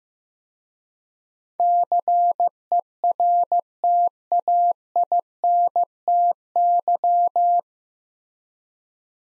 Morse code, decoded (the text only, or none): CERTAINTY